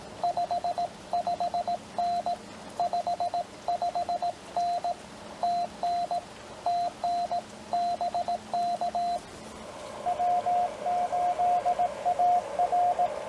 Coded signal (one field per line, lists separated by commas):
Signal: Morse code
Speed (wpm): 18 wpm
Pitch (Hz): 700 Hz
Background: radio noise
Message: 55N 55N TN TN BK W8AR